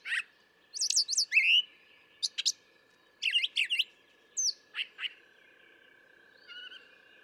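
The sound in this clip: Brown thrasher song: chattering and whistled phrases, several doubled, separated by pauses, over a thin steady tone in the background.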